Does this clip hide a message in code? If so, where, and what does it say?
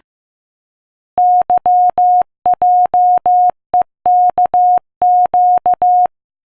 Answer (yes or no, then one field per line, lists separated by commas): yes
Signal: Morse code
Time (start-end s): 1.2-6.1 s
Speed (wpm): 14 wpm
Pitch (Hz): 720 Hz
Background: none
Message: YJEKQ